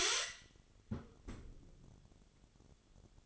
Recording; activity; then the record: daily activity, microphone in the room; close fridge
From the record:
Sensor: 4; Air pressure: 1008.6 hPa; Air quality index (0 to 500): 72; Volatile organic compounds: 1 ppm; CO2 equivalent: 626 ppm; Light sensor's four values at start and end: 12/28/11/11 and 13/29/12/12